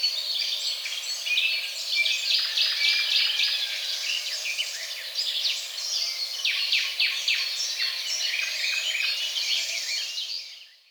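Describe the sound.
Birds chattering together in a thick, continuous chorus of quick chirps and trills that fades out at the very end.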